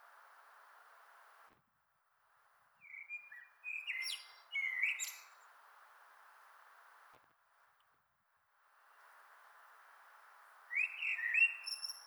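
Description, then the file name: Common blackbird singing two phrases, each of short mellow whistles ending in a thin high twitter, separated by a long pause of hiss and near-silence. "Turdus merula"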